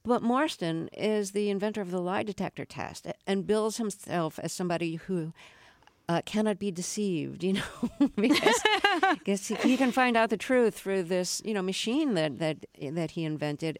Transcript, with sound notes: But Marston is the inventor of the lie detector test and bills himself as somebody who cannot be deceived, you know?
(LAUGHTER)
I guess he can find out the truth through this, you know, machine that he invented.